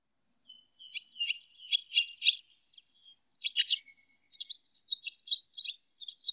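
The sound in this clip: Swallow with soft chattering chirps, a thin drawn-out note near the middle, then a quicker, higher run of clipped twittering notes to the end.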